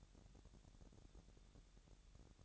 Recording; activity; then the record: daily activity, microphone in the room; take from stove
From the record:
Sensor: 3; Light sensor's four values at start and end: 108/254/104/92 and 108/254/104/92